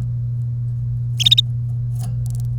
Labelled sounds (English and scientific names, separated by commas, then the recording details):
Domestic Canary (Serinus canaria) song
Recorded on 1 May 2018 at 08:34
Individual llb3